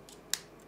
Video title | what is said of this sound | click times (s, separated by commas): MG Exia Dark Matter, Star Wars R2-D2, KOS-MOS, & RAcaseal Redria! - Gunpla TV 168 | That's what I want. You'll hear that click. He's now in there firmly. | 0.3 s